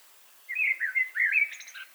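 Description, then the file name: Common blackbird singing one short mellow warbled phrase that slides up and down, finishing with a faint high squeaky flourish. "Turdus merula"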